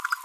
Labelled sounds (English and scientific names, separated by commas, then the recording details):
Green-rumped Parrotlet (Forpus passerinus) babbling
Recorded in a nest box in Venezuela
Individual 18B25A5